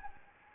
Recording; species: mosquito wingbeat signal from an infrared sensor; Anopheles gambiae